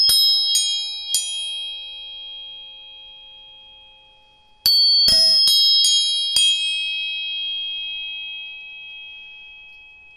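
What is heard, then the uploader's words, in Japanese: Tuning forks are struck in two quick bursts of bright metallic pings, clear, leaving a steady ringing tone that slowly fades. 音叉チューニング全体性。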